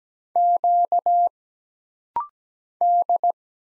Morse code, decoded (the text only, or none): Q D